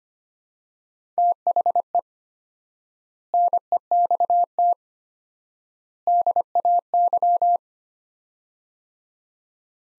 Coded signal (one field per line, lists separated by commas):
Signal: Morse code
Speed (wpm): 25 wpm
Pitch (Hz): 700 Hz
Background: none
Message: THE NEXT DAY